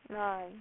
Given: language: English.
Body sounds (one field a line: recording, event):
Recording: throat vibration sensor signal played as sound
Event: speech